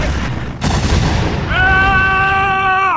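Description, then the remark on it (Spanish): Gunfire booms in a dense, rumbling burst with one sharp crack, then a steady high-pitched whine with harmonic overtones rises and holds over the continuing low rumble. “Entonces se abrieron los fuegos.”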